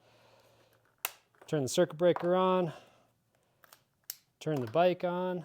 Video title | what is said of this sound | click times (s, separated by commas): Warp9 Big Light Installation | put the battery connector in until I hear a click. | 1.1 s